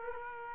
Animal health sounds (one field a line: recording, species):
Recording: mosquito wingbeat signal from an infrared sensor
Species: Aedes aegypti